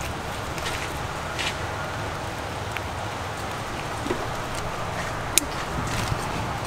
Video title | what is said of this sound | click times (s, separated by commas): Travis and Joshua Fix Cars / Fun in the midst of a Pandemic | that click yeah | 5.4 s